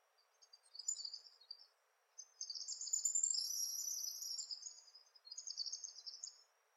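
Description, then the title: Palm tanager calls, softer high squeaky chatter in three bouts separated by short gaps, over a low background hiss. "Sanhaçu-do-coqueiro (Tangara palmarum)"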